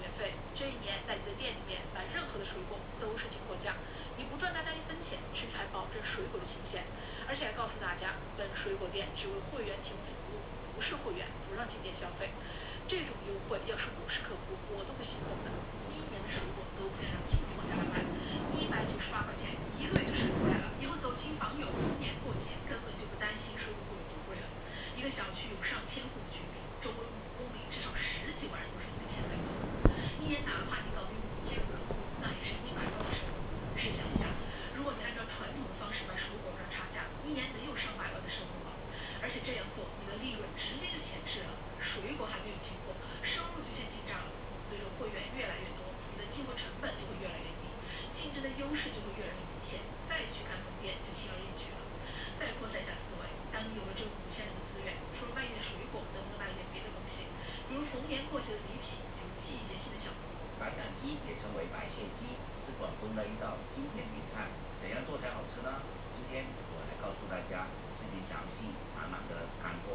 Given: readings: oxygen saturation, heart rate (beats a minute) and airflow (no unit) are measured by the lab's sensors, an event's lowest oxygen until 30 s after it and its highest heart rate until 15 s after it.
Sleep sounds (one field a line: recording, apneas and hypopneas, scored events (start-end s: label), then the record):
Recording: a person awake in a sleep study, by a voice recorder at the bedside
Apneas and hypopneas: none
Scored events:
0.00-69.94 s: awake
From the record:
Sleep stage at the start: awake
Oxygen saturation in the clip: 93 to 95%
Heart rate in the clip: 58 to 82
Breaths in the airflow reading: 22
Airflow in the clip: -8.0 to 8.8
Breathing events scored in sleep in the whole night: 476 in 9.7 hours asleep